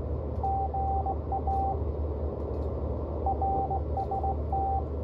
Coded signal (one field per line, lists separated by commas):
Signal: Morse code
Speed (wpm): 16 wpm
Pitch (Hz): 780 Hz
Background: radio noise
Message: GA RST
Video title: KH1 CW Decode Test